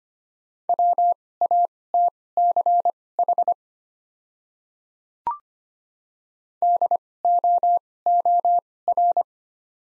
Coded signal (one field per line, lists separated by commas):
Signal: Morse code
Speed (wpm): 25 wpm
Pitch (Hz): 700 Hz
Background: none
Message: WATCH DOOR